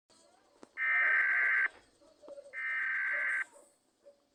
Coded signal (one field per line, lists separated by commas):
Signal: Emergency Alert System (SAME) tones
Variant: header bursts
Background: speech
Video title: EAS scenario CN SD40-2W exe #5252